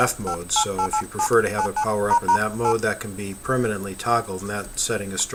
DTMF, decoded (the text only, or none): 58887 8